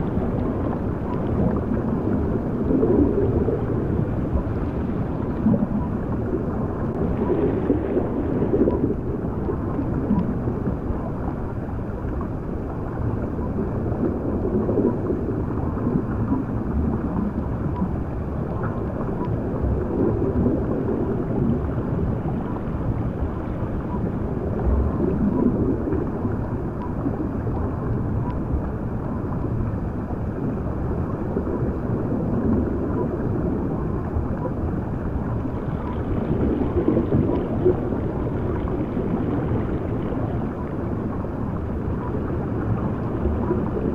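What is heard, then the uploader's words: Underwater sounds form a dense, muffled rumble that stays steady throughout, with almost nothing bright above it. Slow swells rise and fall in the low-middle range every five or six seconds. A faint motor-like drone seems to run underneath. Underwater sounds. Different types of sounds typical of the underwater regions.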